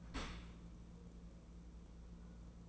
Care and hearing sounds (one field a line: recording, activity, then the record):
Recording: daily activity, microphone in the room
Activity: open dishwasher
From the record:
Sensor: 1